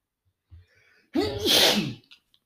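One loud morning sneeze from an adult man: a short catching in-breath, a voiced rising 'ah', then a sharp hissing burst.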